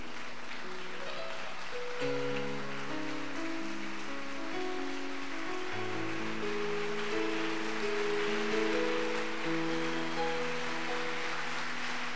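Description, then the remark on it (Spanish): A church audience, standing, applauds God during a morning sermon with dense, steady clapping that lasts the whole stretch, layered over sustained organ or keyboard chords that shift slowly underneath. “Si tú deseas que tu vida sea una completa bendición, colócate en pie y dale el mejor aplauso a Dios en esta mañana.”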